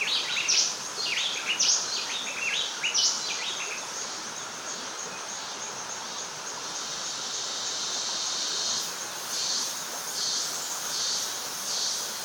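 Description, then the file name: Bay wren giving a few bright whistled phrases at the start, then falling silent while a pulsing insect drone sets in and throbs in the background. "Bay Wren Cantorchilus nigricapillus"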